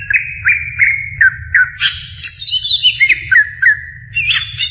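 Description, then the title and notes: Greater green leafbird singing a series of short whistled notes broken by harsher bursts, with a low hum throughout. Champion songbird. "Kicau Burung Cucak Ijo Juara. Suara kicauan burung cucak ijo"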